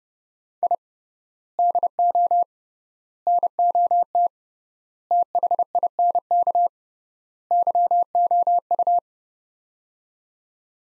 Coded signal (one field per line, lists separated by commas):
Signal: Morse code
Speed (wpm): 30 wpm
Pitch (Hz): 700 Hz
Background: none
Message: I DO NOT THINK YOU